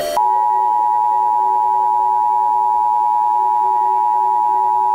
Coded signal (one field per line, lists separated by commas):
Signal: Emergency Alert System (SAME) tones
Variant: 853 and 960 Hz attention tone